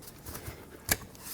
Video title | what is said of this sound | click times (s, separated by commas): How to Replace Thermostat Housing 1998-2011 Ford Ranger (4.0L V6) | There we go. So, that's clicked back in place. | 0.9 s